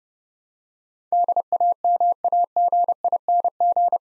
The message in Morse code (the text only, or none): DAMAGING